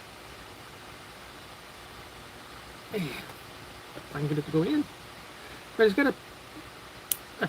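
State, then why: Seated. Someone talks while pushing the plastic head of a budget Make-It Blocks zombie playset minifigure onto the figure's neck pivot. A sharp, satisfying click at 7.1 s marks the head seating into place.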